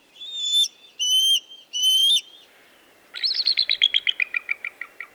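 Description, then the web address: Bald Eagle giving three thin whistled notes, followed by a fast, high chittering series of short notes that drops slightly in pitch. Young bald eagles. "BIRD NOTE. Baby Bald Eagles"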